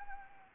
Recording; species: mosquito wingbeat signal from an infrared sensor; Anopheles gambiae